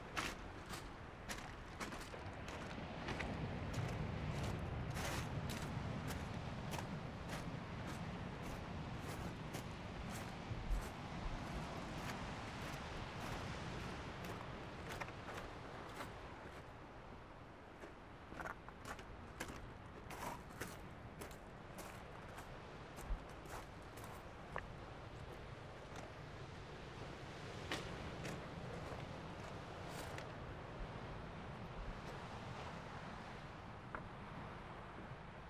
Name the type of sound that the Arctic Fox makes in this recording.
call